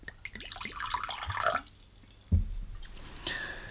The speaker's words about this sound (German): Und mir einen Whisky einschenken? Auch daran kann ich Sie nicht hindern.